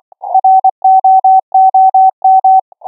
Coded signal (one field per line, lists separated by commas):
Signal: Morse code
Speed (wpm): 24 wpm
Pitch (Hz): 760 Hz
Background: none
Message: ROOM